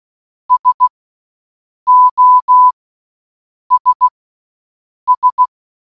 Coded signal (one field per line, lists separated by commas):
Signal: Morse code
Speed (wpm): 16 wpm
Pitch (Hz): 1000 Hz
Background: none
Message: SOS S